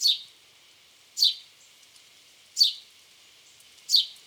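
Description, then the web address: House sparrow calls: four short, sharp downward chirps, each spaced about 1.3 seconds apart, high-pitched and clean against a quiet background. "SETE data Passer domesticus"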